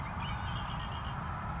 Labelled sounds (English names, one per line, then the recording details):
Red-winged Blackbird
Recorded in Sonoma County, California